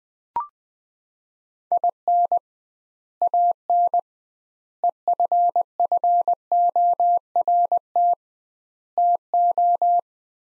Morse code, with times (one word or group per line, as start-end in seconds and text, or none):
1.7-2.4 IN
3.2-4.0 AN
4.8-8.1 EFFORT
9.0-10.0 TO